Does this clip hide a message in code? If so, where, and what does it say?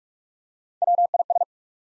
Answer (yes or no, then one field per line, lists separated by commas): yes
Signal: Morse code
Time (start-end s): 0.8-1.4 s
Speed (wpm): 44 wpm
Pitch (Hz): 700 Hz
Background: none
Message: WIS